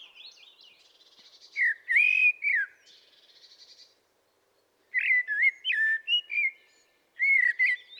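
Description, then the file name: Common blackbird singing: mellow warbled whistles with thin high twitters, in two phrases separated by a brief silence, another starting at the end. "Turdus merula"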